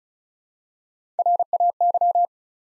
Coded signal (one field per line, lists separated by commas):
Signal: Morse code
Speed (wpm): 36 wpm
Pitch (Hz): 700 Hz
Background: none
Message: RAY